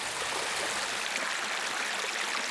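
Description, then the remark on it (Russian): A fast mountain stream rushes and splashes over stones, a steady bright hiss of water with lively gurgles throughout, no voices. “Первый ручей был горный. Он был звонче. Он как будто перепрыгивал с камня на камень.”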